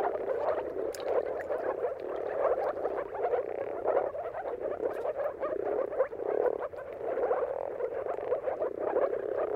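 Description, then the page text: Moor frogs calling together, a thick mass of quick, muffled, gulping notes that swell and fade slightly over the seconds. Moor frog mating calls in a dawn chorus at sunrise, at the turn of March and April depending on the weather; many frogs calling together. "earth-fm Jakub-Orzecki moor frogs. Dawn’s Chorus: Mating Calls of Marsh Frogs at Sunrise. Depending on the weather at the turn of March and April, you can witness an amazing spectacle of moor frogs"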